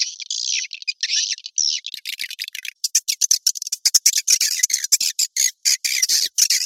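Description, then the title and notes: Swiftlet calls. Drawn-out buzzy, grating notes come first. Then a fast run of short, high clicking chirps fills the rest. Sound used in swiftlet farming in Asia to attract birds. "Swiflet Bird Sound. Farming Swiflet Bird asia sound"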